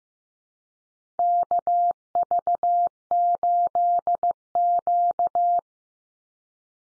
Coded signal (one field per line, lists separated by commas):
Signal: Morse code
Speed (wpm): 15 wpm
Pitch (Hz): 700 Hz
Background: none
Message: KV8Q